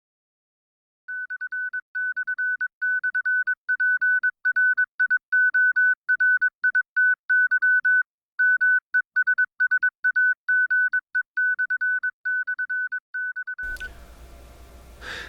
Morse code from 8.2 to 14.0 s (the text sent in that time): MESSAGE///